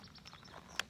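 A KABAR TDI fixed-blade knife is pushed into its molded plastic belt sheath, whose retention gives a positive click in and a positive click out. After faint, softer ticks, a single sharp click at 0.8 s marks the blade locking in, and the knife is seated.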